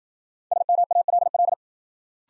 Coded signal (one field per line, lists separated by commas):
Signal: Morse code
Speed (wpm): 53 wpm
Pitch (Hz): 700 Hz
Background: none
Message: SMALL